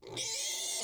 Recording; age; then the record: pig call; weaner (32 to 43 days)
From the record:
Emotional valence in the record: negative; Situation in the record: restrain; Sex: male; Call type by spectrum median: high-frequency call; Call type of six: mixed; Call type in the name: high-frequency stable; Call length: 0.84 s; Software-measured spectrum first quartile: 3313 Hz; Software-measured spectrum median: 5432 Hz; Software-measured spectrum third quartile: 7108 Hz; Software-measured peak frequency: 6282 Hz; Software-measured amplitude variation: 76 dB a second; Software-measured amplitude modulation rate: 27.5 a second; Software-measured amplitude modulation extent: 2.8 dB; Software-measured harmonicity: 0.8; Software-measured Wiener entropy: -2.01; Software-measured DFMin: 1193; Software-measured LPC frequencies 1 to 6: 676, 2159, 3470, 4092, 5514, 6337 Hz